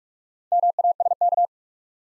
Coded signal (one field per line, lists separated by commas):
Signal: Morse code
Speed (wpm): 44 wpm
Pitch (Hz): 700 Hz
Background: none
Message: MASK